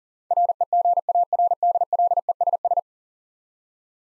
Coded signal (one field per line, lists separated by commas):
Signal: Morse code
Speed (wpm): 40 wpm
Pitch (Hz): 700 Hz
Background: none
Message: REGARDLESS